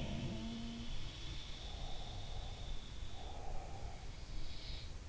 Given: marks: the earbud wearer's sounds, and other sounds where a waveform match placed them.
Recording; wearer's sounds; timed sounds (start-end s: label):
sounds in sleep by an in-ear microphone; breath
0.00-0.93 s: sound from someone else or the room
1.73-4.32 s: breath
4.43-4.97 s: sound from someone else or the room